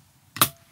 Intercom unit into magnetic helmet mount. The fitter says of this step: चला जाता है, चुंबकीय रूप से सब कुछ अपनी जगह पर लॉक कर देता है, और फिर